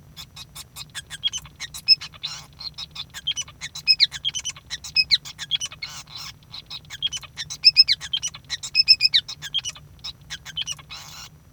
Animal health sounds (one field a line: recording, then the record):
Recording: song of a male Bengalese finch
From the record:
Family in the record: son of father 5